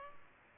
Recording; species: mosquito wingbeat signal from an infrared sensor; Culex pipiens